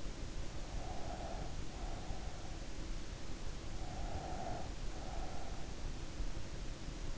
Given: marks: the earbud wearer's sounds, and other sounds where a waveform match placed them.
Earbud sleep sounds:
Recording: sounds in sleep by an in-ear microphone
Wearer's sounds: breath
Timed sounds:
0.79-2.86 s: breath
3.92-5.79 s: breath

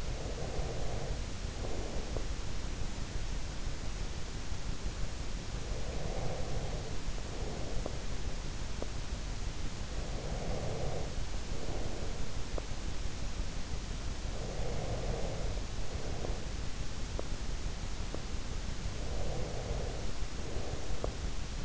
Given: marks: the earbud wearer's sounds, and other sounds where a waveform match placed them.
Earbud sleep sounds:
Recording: sounds in sleep by an in-ear microphone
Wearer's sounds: breath, teeth grinding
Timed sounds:
0.00-2.57 s: breath
5.67-8.14 s: breath
8.68-9.07 s: teeth grinding
9.74-12.42 s: breath
12.42-12.78 s: teeth grinding
14.12-16.60 s: breath
17.03-17.32 s: teeth grinding
18.01-18.36 s: teeth grinding
19.12-21.29 s: breath
20.96-21.16 s: teeth grinding

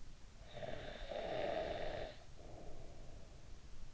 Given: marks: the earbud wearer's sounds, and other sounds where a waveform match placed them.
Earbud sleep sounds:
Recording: sounds in sleep by an in-ear microphone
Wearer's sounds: snoring breath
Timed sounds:
0.42-3.88 s: snoring breath

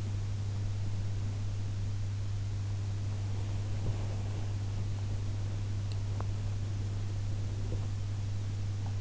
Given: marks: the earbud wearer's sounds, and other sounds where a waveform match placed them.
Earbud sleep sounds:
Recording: sounds in sleep by an in-ear microphone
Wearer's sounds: body movement, teeth grinding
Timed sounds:
3.08-6.08 s: body movement
6.08-9.01 s: teeth grinding

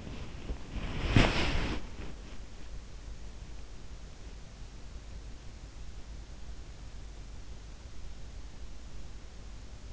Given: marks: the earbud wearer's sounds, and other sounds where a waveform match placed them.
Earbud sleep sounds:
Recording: sounds in sleep by an in-ear microphone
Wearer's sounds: body movement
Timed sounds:
0.00-2.38 s: body movement

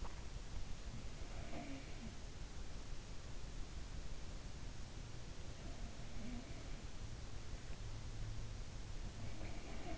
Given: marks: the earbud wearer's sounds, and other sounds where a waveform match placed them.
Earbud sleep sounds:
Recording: sounds in sleep by an in-ear microphone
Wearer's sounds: swallowing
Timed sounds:
0.00-0.16 s: swallowing
1.22-2.25 s: sound from someone else or the room
5.45-6.96 s: sound from someone else or the room

